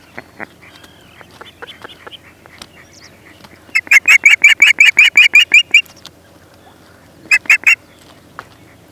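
Osprey delivering a sudden rapid series of loud whistled chirps after soft faint notes, later adding a brief burst of three.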